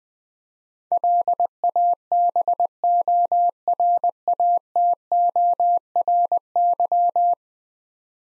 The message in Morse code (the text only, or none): LABORATORY